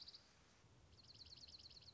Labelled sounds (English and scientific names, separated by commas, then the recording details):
Dark-eyed Junco (Junco hyemalis)
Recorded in Sonoma County, California